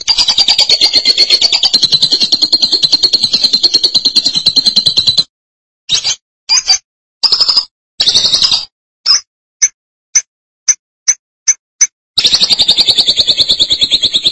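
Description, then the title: Lovebird song of rapid, high, grating chatter, broken midway into short separate bursts and clipped squeaks with silent gaps, then resuming as a steady buzzy stream. "BM Suara Burung Lovebird"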